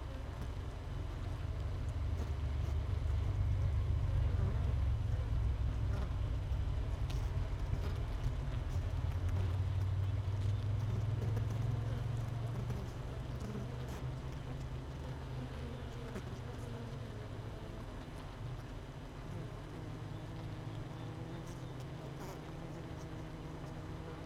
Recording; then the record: honeybee colony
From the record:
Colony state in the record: missing queen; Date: 31 May 2018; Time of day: 16:57